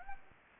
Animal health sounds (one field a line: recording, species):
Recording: mosquito wingbeat signal from an infrared sensor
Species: Anopheles gambiae